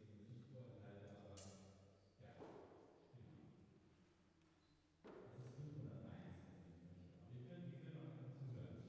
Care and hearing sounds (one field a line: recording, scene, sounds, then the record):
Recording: everyday scene through a hearing-aid microphone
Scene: reverberant space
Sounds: speech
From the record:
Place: church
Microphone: behind the ear, left, rear